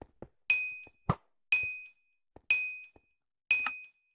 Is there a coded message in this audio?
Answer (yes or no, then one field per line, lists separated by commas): no